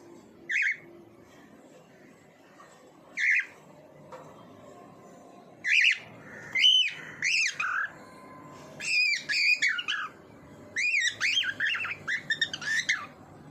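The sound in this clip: Bird giving harsh squawking calls, single arched notes at first, then tight clusters of several rising-and-falling squawks, over a low steady hum.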